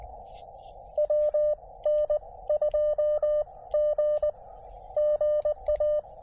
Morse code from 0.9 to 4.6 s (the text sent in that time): W N 2 G